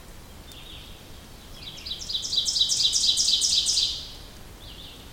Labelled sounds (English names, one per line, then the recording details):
Ovenbird song
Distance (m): 15 m
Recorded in boreal forest in Alberta, Canada, on 2 June 2016 at 06:46
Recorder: SongMeter 3, array SBT-3-7
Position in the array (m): 44 m, 157 m
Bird 4